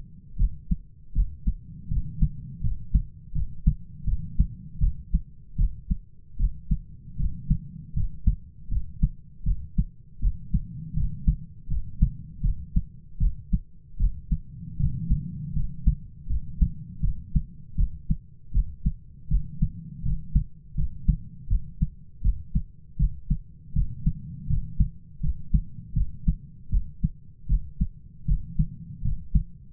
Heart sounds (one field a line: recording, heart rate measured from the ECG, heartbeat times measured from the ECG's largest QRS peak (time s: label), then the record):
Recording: heart sounds by stethoscope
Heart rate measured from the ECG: 80 bpm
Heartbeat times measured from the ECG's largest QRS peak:
0.37 s: heartbeat
1.14 s: heartbeat
1.89 s: heartbeat
2.62 s: heartbeat
3.33 s: heartbeat
4.05 s: heartbeat
4.80 s: heartbeat
5.57 s: heartbeat
6.38 s: heartbeat
7.18 s: heartbeat
7.95 s: heartbeat
8.69 s: heartbeat
9.44 s: heartbeat
10.20 s: heartbeat
10.95 s: heartbeat
11.69 s: heartbeat
12.42 s: heartbeat
13.19 s: heartbeat
13.98 s: heartbeat
14.78 s: heartbeat
15.54 s: heartbeat
16.28 s: heartbeat
17.01 s: heartbeat
17.76 s: heartbeat
18.52 s: heartbeat
19.29 s: heartbeat
20.03 s: heartbeat
20.76 s: heartbeat
21.48 s: heartbeat
22.22 s: heartbeat
22.98 s: heartbeat
23.74 s: heartbeat
24.48 s: heartbeat
25.21 s: heartbeat
25.94 s: heartbeat
26.70 s: heartbeat
27.47 s: heartbeat
28.26 s: heartbeat
29.03 s: heartbeat
From the record:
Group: healthy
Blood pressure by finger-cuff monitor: 114/67 mmHg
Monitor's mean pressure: 84 mmHg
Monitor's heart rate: 80 bpm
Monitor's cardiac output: 8 L/min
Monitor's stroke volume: 100 mL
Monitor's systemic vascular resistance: 760 dyn s/cm5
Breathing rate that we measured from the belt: 13 breaths a minute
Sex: male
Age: 33 years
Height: 179 cm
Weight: 80.4 kg